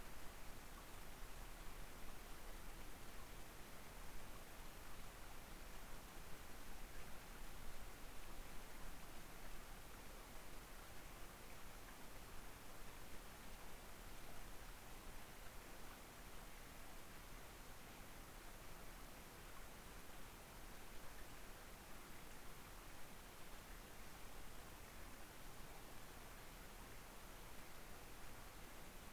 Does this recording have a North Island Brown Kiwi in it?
no